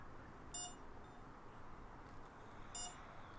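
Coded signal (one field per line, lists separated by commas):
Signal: beep code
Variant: RC motor ESC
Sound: two short high electronic beeps about two seconds apart over steady background hiss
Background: background hiss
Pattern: 2 short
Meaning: The motor direction has been reversed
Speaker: flick the switch, you hear 2 beeps from the ESC, and then the motor has reverse direction.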